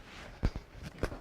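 With the ammunition backpack on, the ammo feed chute is connected to the machine gun's feed. Two dull knocks at 0.45 and 0.56 s come first, then a sharp snap at 1.0 s as the chute seats into place on the gun.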